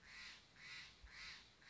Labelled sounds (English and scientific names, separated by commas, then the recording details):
Steller's Jay (Cyanocitta stelleri)
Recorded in Sonoma County, California